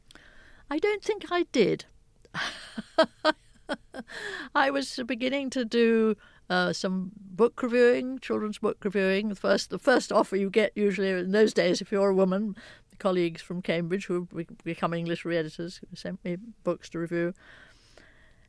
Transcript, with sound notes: I don't think I did (laughter). I was beginning to do some book reviewing - children's book reviewing, the first offer you get usually in those days if you're a woman. Colleagues from Cambridge who were becoming literary editors sent me books to review.